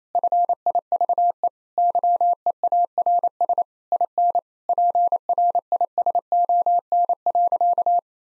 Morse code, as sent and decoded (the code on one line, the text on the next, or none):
..-. .. ...- . / -.-- . .- .-. ... / .. -. / .--. .-. .. ... --- -. .-.-.-
FIVE YEARS IN PRISON.